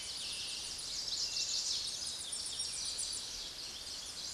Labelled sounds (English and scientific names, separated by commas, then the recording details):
Tennessee Warbler (Leiothlypis peregrina) song
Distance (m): 35 m
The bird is about 15 m above the microphone
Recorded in a Pennsylvania forest on 16 May 2024 at 06:18
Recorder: AudioMoth, point MSD-1534
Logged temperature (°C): 15.6 °C
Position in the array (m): 39 m, 54 m